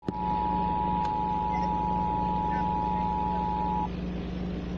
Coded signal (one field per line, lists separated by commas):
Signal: Emergency Alert System (SAME) tones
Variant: 853 and 960 Hz attention tone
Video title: Tornado Warning EAS 15